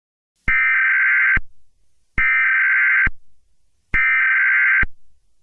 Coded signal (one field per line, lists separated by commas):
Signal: Emergency Alert System (SAME) tones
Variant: header bursts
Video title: eas scenario catemojibabyheat part 9 84 years my in july 3 2023